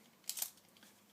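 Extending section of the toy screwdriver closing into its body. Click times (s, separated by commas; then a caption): 0.3 s. An extended plastic 11th Doctor toy sonic screwdriver is pressed closed, its extending section sliding into the body with a sharp plastic snap at 0.3 s, followed by a brief rattle of plastic around 0.4 s and faint small ticks near 0.8 s. The sections snap together and seat fully.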